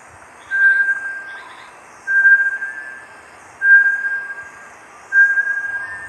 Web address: Bartlett's tinamou. صدای-پرنده-وشم-بارتلت